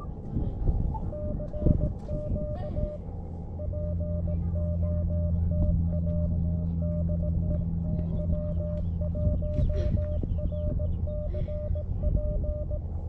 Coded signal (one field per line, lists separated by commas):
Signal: Morse code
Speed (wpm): 18 wpm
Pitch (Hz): 600 Hz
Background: none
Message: CQ POTA DE W1RCP